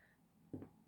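A dome-side-up plastic washer back is pushed onto a safety eye shank through the crocheted yarn of a robin toy. After a quiet stretch, two short clicks sound at 0.5 s and 0.6 s, the first louder than the second. The back double-clicks home and the safety eye is seated.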